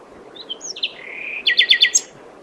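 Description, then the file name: Common nightingale: short whistles, a drawn-out buzzy note, then five or six quick repeated downstroked notes, with soft background hiss. "Luscinia megarhynchos"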